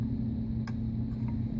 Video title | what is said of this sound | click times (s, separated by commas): Sewing machine setup basics | Click into place yeah | 0.7 s